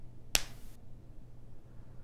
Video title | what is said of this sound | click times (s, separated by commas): Connecting Underwater Cables to Sensors | connects fully with the sensor and you should hear a pop like this now | 0.4 s